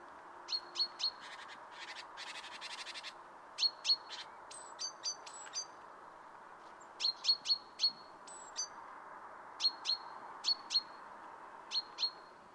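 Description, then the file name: Great tit calling with sharp, high, clipped notes in short uneven runs, interrupted by brief rustling bursts near the start. "Parus major"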